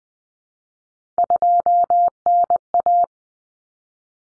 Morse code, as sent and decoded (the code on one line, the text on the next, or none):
..--- -. .-
2NA